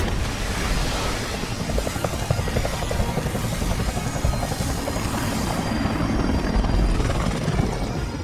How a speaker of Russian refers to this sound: Отлично, 7-4-1. Вас понял. С вертолета сбросили воду.